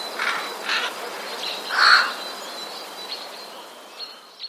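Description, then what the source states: Eurasian jay giving harsh, raspy screeches, one louder near the middle, over steady background noise. Alarm call; recorded 6 February 2016.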